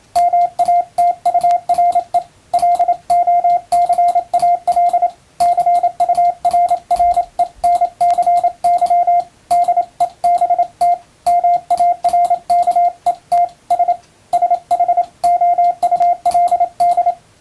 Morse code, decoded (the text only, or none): MATURE LOCAL CURRENCY DEBT MARKETS SHOULD